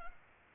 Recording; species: mosquito wingbeat signal from an infrared sensor; Culex pipiens